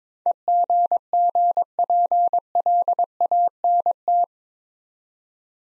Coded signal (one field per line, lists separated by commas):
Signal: Morse code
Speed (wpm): 22 wpm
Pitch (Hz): 700 Hz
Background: none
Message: EGGPLANT